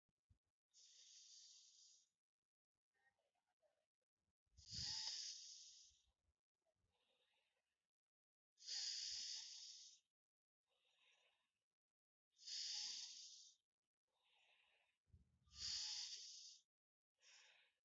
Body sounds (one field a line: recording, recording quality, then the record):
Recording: deep breathing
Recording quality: excellent, no background noise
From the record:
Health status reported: respiratory illness, not identified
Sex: female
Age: 24 years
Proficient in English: yes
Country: India